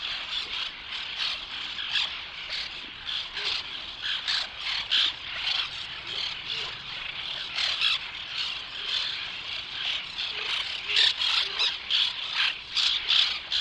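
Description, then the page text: White-winged tern harsh, rasping calls, many overlapping grating notes in a dense, continuous chorus with louder bursts near the end. "Белокрылая крачка (Chlidonias leucopterus)"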